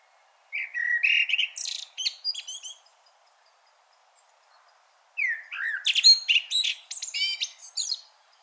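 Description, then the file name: Common blackbird song in two phrases several seconds apart, each opening with a rich whistled note and going into fast, high, twittering squeaks. "Turdus merula"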